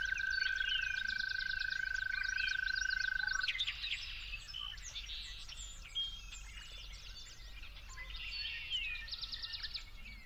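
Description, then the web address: Toad trill, a steady high purr for the first few seconds, then cut off, leaving a chorus of chattering and whistling birds. Recorded at dawn. "musicofnature Toads at Dawn"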